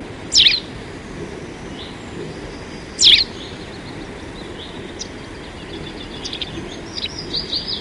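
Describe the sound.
White wagtail calls: two sharp, high chirps, one near the start and another about three seconds later, over steady background hiss with faint chirping from other birds.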